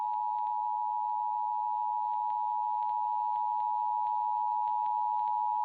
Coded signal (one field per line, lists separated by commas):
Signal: Emergency Alert System (SAME) tones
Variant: 853 and 960 Hz attention tone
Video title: Floral Fantasia - My submission to the 2023 Spring Fling Project - An EAS Scenario